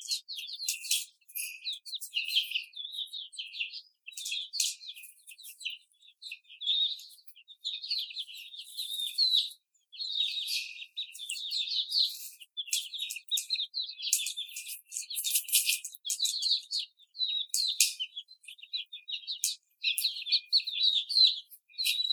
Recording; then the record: young laying hens in a cage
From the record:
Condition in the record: after the stressor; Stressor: simulated dog barking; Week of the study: 4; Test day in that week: 2